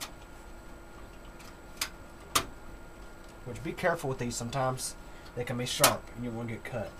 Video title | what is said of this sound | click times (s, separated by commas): Building a Business Class Desktop PC | And now we'll go ahead and snap it into the case | 1.8 s, 2.4 s